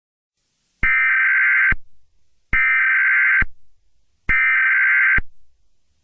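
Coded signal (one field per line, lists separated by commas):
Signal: Emergency Alert System (SAME) tones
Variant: header bursts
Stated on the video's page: Fictional EAS scenario about the Jersey Devil.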